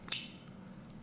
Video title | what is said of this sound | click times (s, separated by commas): EXCLUSIVE BLUE SHARK EDGE Unboxing! - 5-60GF Metal Coat BX-00 - B4 Store Exclusive! | Really awesome sound. I love the sound of a ratchet clicking in | 0.1 s